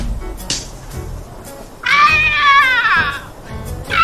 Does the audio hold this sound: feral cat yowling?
yes